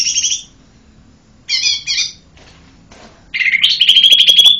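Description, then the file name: Lesser green leafbird singing a few chattered note bursts with gaps between them, then breaking into a rapid, continuous high twittering run. "cucak hijau mini. omkicau"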